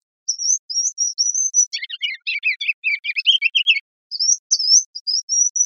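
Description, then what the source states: Ruby-crowned kinglet singing: thin high whistled notes, then a rapid tumbling chatter, then more high thin notes repeated in a series. Recorded 15 March 2003.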